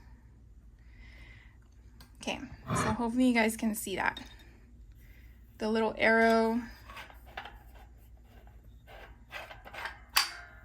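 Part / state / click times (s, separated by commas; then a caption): bottom die in a button press base / seated / 10.2 s. Someone talks while rotating a bottom die and setting it into the base of a We R Makers button press, with soft handling sounds in between. At 10.2 s a sharp click is heard as the magnet inside connects and the die snaps into position, seated.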